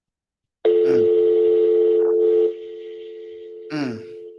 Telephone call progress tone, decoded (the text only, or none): dial tone